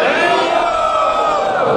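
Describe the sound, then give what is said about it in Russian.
A large crowd shouts the chant "Haribol" together in one loud, sustained collective roar, many voices blending into a dense, steady wall of sound that holds at full volume throughout. “Громко крикните «Харибол».”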